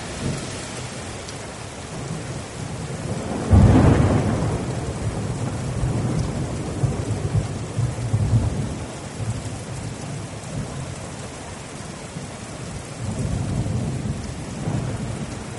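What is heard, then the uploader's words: Steady rain hisses throughout, dense and even, with a deep rumble of thunder rolling underneath. A sharp crack of thunder hits just before four seconds, then the low rumbling continues, swelling again around eight and thirteen seconds. Thunderous Rain. The rain pours down and the rumble of thunder reverberates through the air. Thunderstorm.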